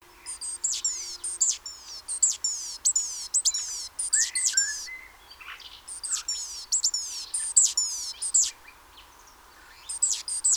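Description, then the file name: Great tit calls: steady series of high, thin, falling notes and clicks in grouped bursts, with a few lower chirps and a brief quiet stretch near the end. "Parus major"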